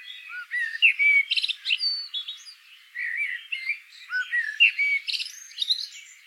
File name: Turdus merula